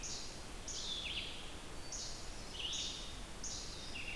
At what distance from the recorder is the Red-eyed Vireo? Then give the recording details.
about 70 m. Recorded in boreal forest in Alberta, Canada, on 28 June 2016 at 07:12. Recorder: SongMeter 3, array SBT-6-79. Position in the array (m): 122 m, 190 m